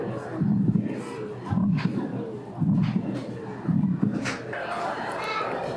Sometimes there are sounds that signal heart abnormalities or damage. Here's a heart murmur.